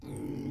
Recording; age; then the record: pig call; weaner (32 to 43 days)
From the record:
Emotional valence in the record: negative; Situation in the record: novel object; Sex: female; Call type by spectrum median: low-frequency call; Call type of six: low-frequency stable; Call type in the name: low-frequency stable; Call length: 0.51 s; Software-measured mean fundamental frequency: 59 Hz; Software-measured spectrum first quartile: 193 Hz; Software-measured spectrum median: 299 Hz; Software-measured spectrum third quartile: 566 Hz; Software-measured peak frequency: 283 Hz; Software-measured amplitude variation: 148 dB a second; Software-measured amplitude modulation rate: 34.7 a second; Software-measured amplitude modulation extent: 4.3 dB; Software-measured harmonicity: 2.0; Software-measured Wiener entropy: -0.33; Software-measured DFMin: 901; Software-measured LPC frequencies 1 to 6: 309, 2144, 2966, 3763, 4684, 5607 Hz